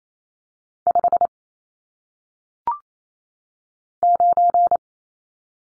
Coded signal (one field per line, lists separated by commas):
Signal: Morse code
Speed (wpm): 28 wpm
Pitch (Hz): 700 Hz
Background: none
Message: 5 9